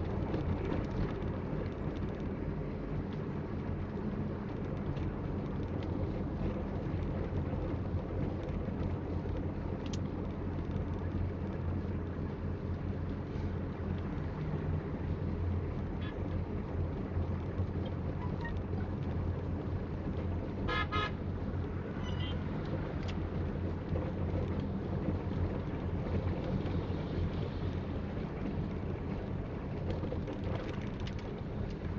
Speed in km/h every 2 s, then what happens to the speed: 32, 31, 30, 30, 29, 29, 29, 29, 28, 29, 29, 29, 29, 28, 27, 25.
0-32 steady at about 29.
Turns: none.